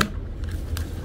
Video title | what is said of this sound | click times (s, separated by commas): AFFORDABLE CHEST STRAP FOR ACTION CAM AND CELLPHONE - HOW TO ASSEMBLE. SHOP LINK IN DESCRIPTION | naka-lock na siya | 0.0 s, 0.8 s